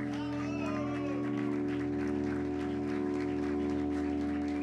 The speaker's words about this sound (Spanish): Un aplauso gigante por dejarnos el sitio.